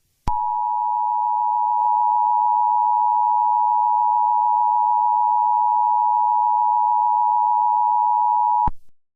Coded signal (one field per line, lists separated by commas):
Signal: Emergency Alert System (SAME) tones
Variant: 853 and 960 Hz attention tone